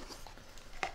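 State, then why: Seated. A left game controller is slid onto the other rail of a 3D-printed PLA holder, with a few faint ticks before a sharp click at 0.8 s as it snaps on and locks in place.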